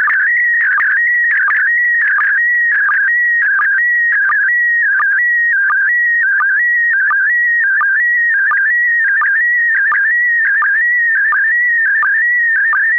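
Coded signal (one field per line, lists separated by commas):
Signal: SSTV (slow-scan television)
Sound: warbling tone shifting between pitches, with a short low blip about every 0.7 seconds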